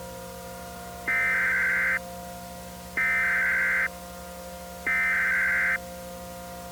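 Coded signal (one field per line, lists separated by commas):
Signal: Emergency Alert System (SAME) tones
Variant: header bursts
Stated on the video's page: Mock EAS alert, fictional.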